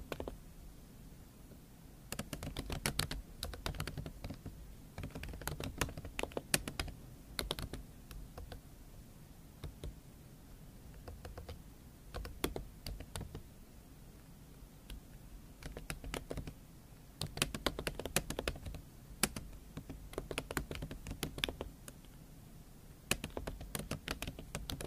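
Tapping and scratching sounds come in bursts of quick, crisp clicks, much like typing on a keyboard. Busy runs appear around 2–7, 12–13, 17–20 and 23–25 seconds, with sparser taps between them. A low, soft hum continues underneath throughout.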